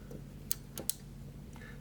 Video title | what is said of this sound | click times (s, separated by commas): Cleaning the inside of a vintage laser mechanism (Phillips CDM1MKII) part 2 | it's got two sides you can hear both sides it just snaps so it's back together now and uh | 0.5 s, 0.9 s